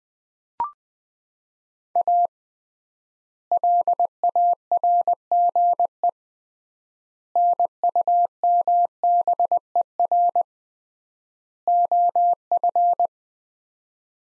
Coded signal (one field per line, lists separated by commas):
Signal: Morse code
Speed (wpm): 20 wpm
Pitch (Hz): 700 Hz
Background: none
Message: A LARGE NUMBER OF